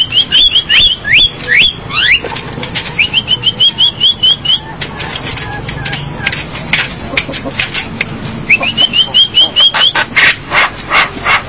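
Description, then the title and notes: Javan myna song: rapid runs of short upslurred whistles, repeated in bursts, broken by harsh rasping notes and loud scratchy chatter. "Jalak Kebo. Kicau Burung Jalak"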